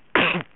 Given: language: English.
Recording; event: throat vibration sensor signal played as sound; cough